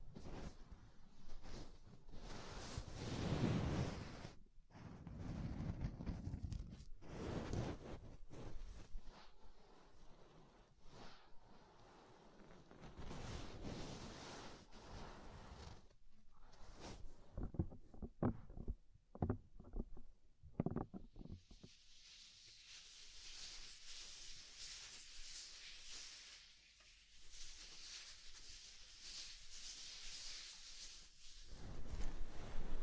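Soft, fluffy ear triggers with rustling, brushing sweeps that come in irregular bursts during the first twenty seconds, some full and some crisp. After about twenty-two seconds the sound turns into a steady, bright hiss, like fluffy material rubbed continuously, swelling louder near the end.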